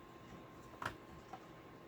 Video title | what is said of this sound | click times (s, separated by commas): Viking 120 Final Test and Tutorial How-To | push it in all the way until it clicks into place. | 0.9 s